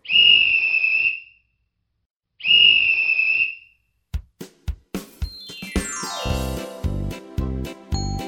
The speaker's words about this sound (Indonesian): Anak-anak, dengarkan suara peluitnya ya.